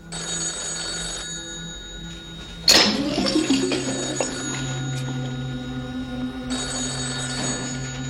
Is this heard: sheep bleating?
no